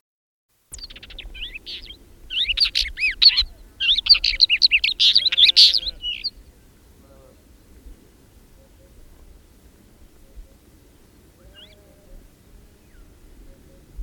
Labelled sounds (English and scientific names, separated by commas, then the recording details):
Northern Wheatear (Oenanthe oenanthe) song
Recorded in the wild
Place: Babadag, Dobrogea, RO
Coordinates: 44.891, 28.717
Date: 1976-05-30
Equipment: Nagra III BH, Sennheiser MD 21, parabola
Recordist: Schubert, Michael